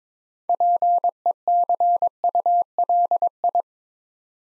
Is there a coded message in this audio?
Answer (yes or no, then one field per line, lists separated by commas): yes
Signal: Morse code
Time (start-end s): 0.5-3.6 s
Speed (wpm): 22 wpm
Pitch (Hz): 700 Hz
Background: none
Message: PECULI